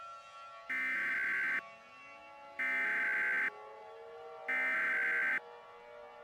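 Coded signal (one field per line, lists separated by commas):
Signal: Emergency Alert System (SAME) tones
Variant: header bursts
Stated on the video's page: Self-made fictional Emergency Alert System scenario with SAME tones, claiming Wyoming does not exist.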